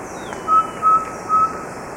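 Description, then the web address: Subtropical pygmy owl call, three evenly spaced clear whistled hoots on one steady pitch, with a faint hiss behind. Ecuador. "Natures Songs S America Birds of Ecuador Subtropical Pygmy-Owl"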